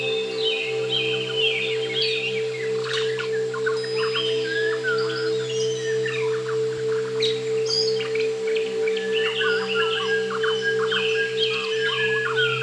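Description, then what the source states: White-crowned shama song: a rich, varied stream of clear whistled phrases, slurred rising and falling notes with sharp chips, over a steady low hum. Sound recorded in nature.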